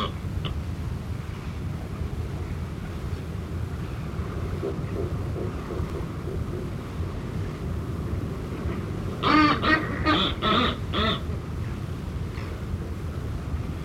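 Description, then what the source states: Buller's albatross call: a brief burst of harsh, pulsed, nasal notes lasting about two seconds, set against steady low rumbling noise throughout. Northern form of Buller's albatross.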